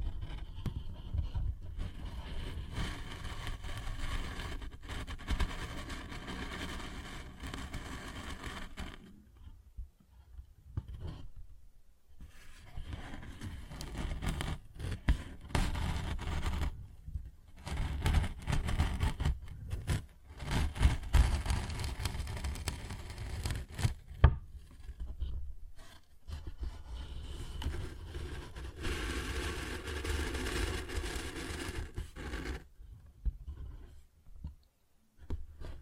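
A paper bag is handled, with dry crinkling, scraping and rubbing that run in uneven bursts. Short silent gaps break the sound near 10, 12, 17, 24 and 35 seconds. The scratching is fairly dense, with a low rumble underneath much of it.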